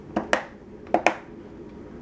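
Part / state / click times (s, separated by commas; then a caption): RAM module into motherboard memory slot / seated / 0.3 s, 1.1 s. A second RAM module is slid into its motherboard memory slot and pushed down until the plastic slot latches click. Two pairs of sharp, snappy clicks are heard, with the latch clicks at 0.3 s and 1.1 s. The module is seated.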